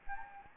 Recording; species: mosquito wingbeat signal from an infrared sensor; Anopheles gambiae